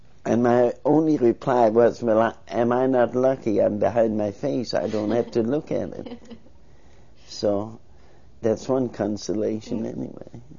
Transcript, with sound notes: uh, my only reply was, "Well I, I am not lucky I'm behind my face, I don't have to look at it." (laughs) So, that's one consolation anyway.